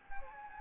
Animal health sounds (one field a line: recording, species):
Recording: mosquito wingbeat signal from an infrared sensor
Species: Anopheles gambiae